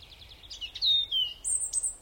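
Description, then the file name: European robin singing a short run of high, sweet whistled notes, some sliding downward, followed by very high thin tones. "Erithacus rubecula"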